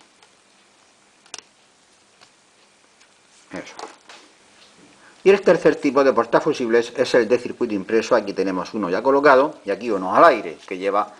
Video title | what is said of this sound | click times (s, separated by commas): Curso Tutorial Electrónica Básica. Cap 17. Los Fusibles | igual, lo giramos y queda trabado. El otro lo mismo. | 1.3 s